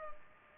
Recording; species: mosquito wingbeat signal from an infrared sensor; Culex pipiens